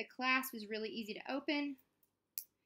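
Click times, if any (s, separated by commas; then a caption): 2.4 s. Someone talks while opening the metal clasp of a Glamulet charm bracelet, then closes it. After a brief silence, a single sharp click at 2.4 seconds marks the clasp snapping shut into place on the bracelet.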